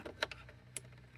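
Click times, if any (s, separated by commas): 0.8 s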